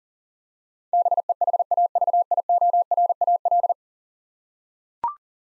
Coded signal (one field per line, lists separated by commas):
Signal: Morse code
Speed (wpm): 40 wpm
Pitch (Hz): 700 Hz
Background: none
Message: BEHAVIORAL